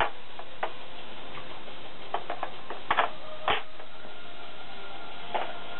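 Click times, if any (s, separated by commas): 2.9 s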